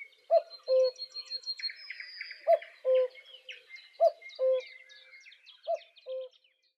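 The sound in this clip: Cuckoo calling its two-note cu-coo, the second note lower, repeated four times about every one and a half to two seconds over busy chirping songbirds.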